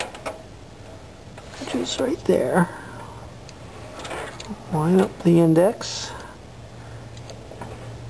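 A crimped pin is lined up with the index on the connector housing before being pushed in, with faint handling taps and rustles. Someone talks throughout, and nothing has seated or clicked yet.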